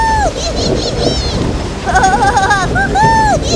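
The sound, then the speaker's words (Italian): Stormy sea waves, strong and fierce, crash in a steady, loud roar around a boat caught in a storm, jolting it violently, while gusting wind howls over them in wavering, rising and falling tones. “La barca navigò per ore e poi incontrò una tempesta. Le onde erano forti e feroci, fecero sobbalzare violentemente la barca.”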